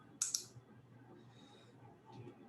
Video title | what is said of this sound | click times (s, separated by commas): Studica. Настройка электроники | when you hear that click that means that the cable is in it's the crimp is inside the connector properly | 0.2 s